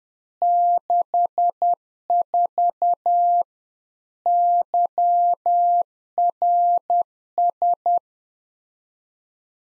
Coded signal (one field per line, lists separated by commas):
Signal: Morse code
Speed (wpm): 10 wpm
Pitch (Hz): 700 Hz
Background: none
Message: 64 YRS